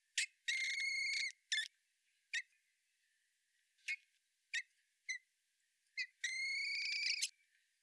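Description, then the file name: Common blackbird giving long squealing notes at the start and end, with sharp chink calls spaced between them. "Turdus merula"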